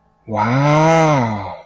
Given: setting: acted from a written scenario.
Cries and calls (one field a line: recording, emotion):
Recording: vocal sound without words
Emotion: awe